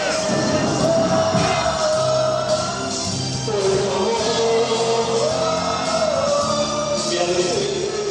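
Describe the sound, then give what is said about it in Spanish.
A large crowd of supporters of Pedro Bordaberry cheers and claps at a parade in a steady, loud roar that fills the whole stretch, with wavering held tones rising and falling above the din. “Ahí están los simpatizantes.”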